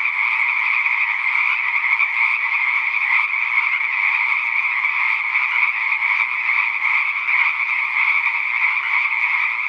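Steady frog chorus, dense overlapping croaks blending into a continuous, slightly pulsing drone throughout.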